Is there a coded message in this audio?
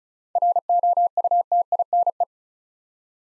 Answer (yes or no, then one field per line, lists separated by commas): yes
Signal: Morse code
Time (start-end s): 0.4-2.2 s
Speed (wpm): 36 wpm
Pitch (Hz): 700 Hz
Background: none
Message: ROUTINE